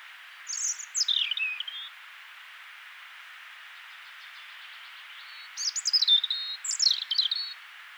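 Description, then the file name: European robin delivering a cascading phrase of high notes tumbling downward, a pause of over three seconds, then two more rippling, wavering phrases close together. "Erithacus rubecula"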